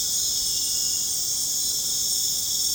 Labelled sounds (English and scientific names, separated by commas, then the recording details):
none
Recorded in dense forest near Puerto Asís, Putumayo, Colombia, on 23 June 2025 at 19:30
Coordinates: 0.486, -76.317
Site G065